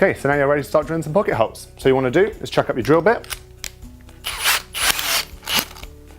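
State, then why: Seated. Someone talks while a drill with a bit chucked up is inserted into the drill guide of a T6 pocket hole jig for drilling pocket holes. A sharp click at 3.6 s marks the drill bit locking in place in the jig, followed by a few bursts of broadband noise. The bit is seated and locked.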